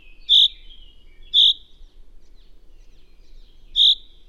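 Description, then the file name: Common chaffinch giving three bright, clipped metallic call notes, spaced unevenly, the second about a second after the first and the third about two and a half seconds later, with a quiet low hum underneath. "Fringilla coelebs"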